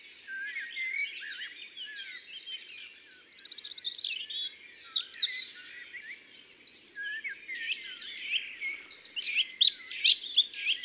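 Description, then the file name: European robin song: varied high warbling phrases with thin whistles and tinkling notes, a fast buzzy trill near the middle, phrases separated by short pauses. "Rougegorge familier ABC des chants doiseaux"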